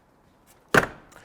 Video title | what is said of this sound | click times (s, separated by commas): Technician Tour - TAG BDL by nuCamp RV | get it to release just grab the door give it a good tug and it pops right out | 0.8 s